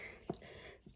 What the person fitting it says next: The sheath has this nice retention, so it has this nice click.